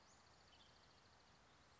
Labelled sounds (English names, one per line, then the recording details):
Western Flycatcher
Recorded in Sonoma County, California